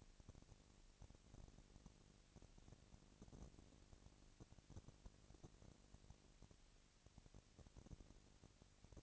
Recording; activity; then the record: daily activity, microphone in the room; no activity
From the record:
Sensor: 4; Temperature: 22.5 degrees Celsius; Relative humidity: 33.4%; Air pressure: 999.6 hPa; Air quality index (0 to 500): 230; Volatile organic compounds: 20 ppm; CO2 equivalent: 2702 ppm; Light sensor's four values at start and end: 2/3/1/1 and 2/3/1/1